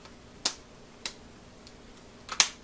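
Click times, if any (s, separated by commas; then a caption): 0.5 s, 1.1 s, 2.4 s. After reinstalling the display on a Toshiba Satellite E305-S1990X laptop, the plastic screen bezel is pressed back onto the lid. Its plastic clips snap into place with sharp clicks at 0.5, 1.1 and 2.4 seconds, with fainter ticks between them. The bezel clips are seated.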